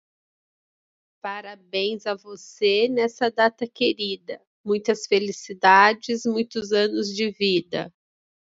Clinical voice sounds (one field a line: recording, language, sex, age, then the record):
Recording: short text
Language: Brazilian Portuguese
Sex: female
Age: 40 to 49 years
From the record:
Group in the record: control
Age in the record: 44 years